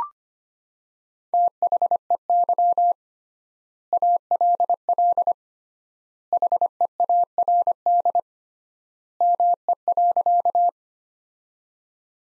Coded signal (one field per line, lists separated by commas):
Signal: Morse code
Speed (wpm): 25 wpm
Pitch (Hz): 700 Hz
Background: none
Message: THEY ALL HEARD ME.